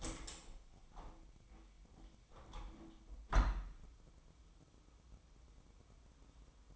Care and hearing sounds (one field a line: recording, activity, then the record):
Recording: daily activity, microphone in the room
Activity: open window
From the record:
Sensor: 1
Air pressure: 1006.6 hPa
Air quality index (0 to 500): 211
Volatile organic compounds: 25 ppm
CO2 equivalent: 2840 ppm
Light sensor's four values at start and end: 12/31/12/14 and 13/33/13/15